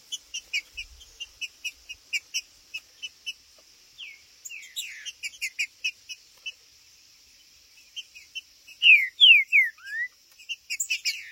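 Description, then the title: Green-winged saltator giving rapid repeated sharp ticks, then a burst of descending whistled notes ending in an upward slur, with a constant high hum behind. Birds chirping, singing and calling territorially ('macheando') in a contest ('disputa'); meant to rouse a kept saltator into singing. "Seu TRINCA Piando, Cantando E Macheando Na DISPUTA. TRINCA FERRO Cantando e MACHEANDO!!"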